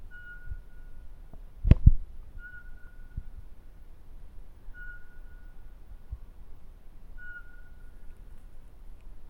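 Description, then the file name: Eurasian pygmy owl giving clear, even whistled notes of one steady pitch, four notes spaced about two and a half seconds apart; one dull knock early on. "sperlingskauz"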